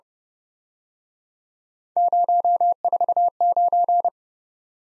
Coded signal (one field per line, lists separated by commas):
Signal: Morse code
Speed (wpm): 30 wpm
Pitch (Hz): 700 Hz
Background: none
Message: 049